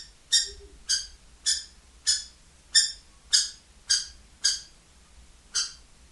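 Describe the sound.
Kestrel calls, loud harsh single notes repeated about every half second to second, with a faint brief low sound early on.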